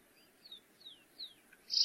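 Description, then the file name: Stripe-tailed yellow finch song: three thin, high whistled notes slurring downward about every third of a second, then a sudden loud bright burst at the end. "canto do canario rasteiro"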